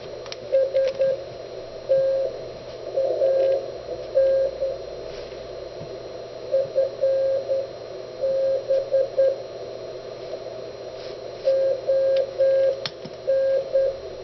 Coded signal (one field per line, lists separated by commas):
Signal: Morse code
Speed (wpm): 12 wpm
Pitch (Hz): 550 Hz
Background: radio noise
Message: STAN FB ON